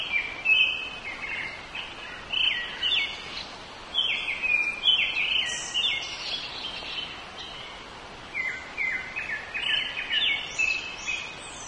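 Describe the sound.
Japanese thrush singing short clear whistled phrases, each varied and high, in bursts separated by brief pauses, over background hiss.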